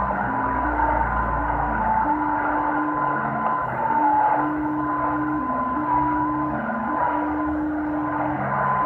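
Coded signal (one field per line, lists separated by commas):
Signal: JT65, JT9 or WSPR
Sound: slow stepping low tones under a steady hum of narrow tones and static hiss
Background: radio static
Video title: 7078 KHZ JT65 LSB captada en Mendoza (ARG) con Tecsun PL-660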